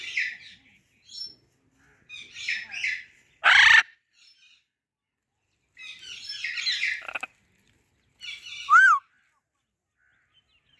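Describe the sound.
Macaw gives harsh, raspy squawks in short bursts, one loud broad screech and a rising-falling harmonic call later, separated by silences.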